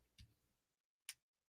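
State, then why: Seated. A plastic quick-release adapter is pushed into the clamp on a flexible neck mount for an action camera and snaps into place with one sharp, bright click at 1.1 s. A softer, lower thump comes before it at about 0.2 s, and a faint tap follows near the end. The adapter is seated in the clamp.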